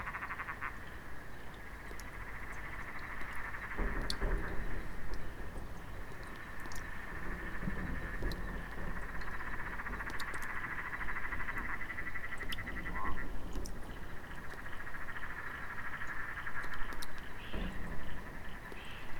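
Water drips from gutters in sharp, irregular taps scattered through the night, some bright, others softer. Behind them a dense, steady chorus of frogs trills without pause, over a faint low rumble that swells slightly around the middle.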